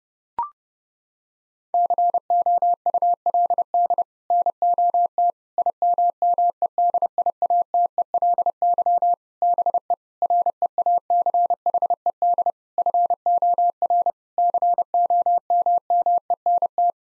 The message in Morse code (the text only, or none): COULD NOT IMMEDIATELY BE REACHED FOR COMMENT